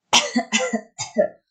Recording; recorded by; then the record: voluntary cough; messaging app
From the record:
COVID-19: negative